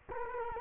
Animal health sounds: mosquito wingbeat signal from an infrared sensor; Culex quinquefasciatus

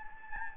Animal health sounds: mosquito wingbeat signal from an infrared sensor; Anopheles gambiae

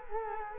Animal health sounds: mosquito wingbeat signal from an infrared sensor; Culex quinquefasciatus

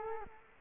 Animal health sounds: mosquito wingbeat signal from an infrared sensor; Culex quinquefasciatus

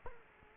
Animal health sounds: mosquito wingbeat signal from an infrared sensor; Culex quinquefasciatus

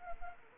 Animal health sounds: mosquito wingbeat signal from an infrared sensor; Anopheles arabiensis

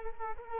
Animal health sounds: mosquito wingbeat signal from an infrared sensor; Culex quinquefasciatus

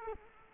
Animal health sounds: mosquito wingbeat signal from an infrared sensor; Culex quinquefasciatus

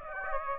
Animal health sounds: mosquito wingbeat signal from an infrared sensor; Aedes aegypti

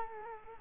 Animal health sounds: mosquito wingbeat signal from an infrared sensor; Culex quinquefasciatus

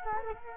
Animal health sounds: mosquito wingbeat signal from an infrared sensor; Culex quinquefasciatus

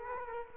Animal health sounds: mosquito wingbeat signal from an infrared sensor; Culex quinquefasciatus

